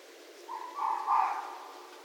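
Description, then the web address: Red fox giving a brief whine that swells in two steps before fading. Recorded on 6 January 2012. "Red Fox 2012 01 06 Red Fox 01"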